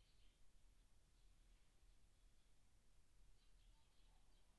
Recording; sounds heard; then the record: poultry house recording; no chicken sound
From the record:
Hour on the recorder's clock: 18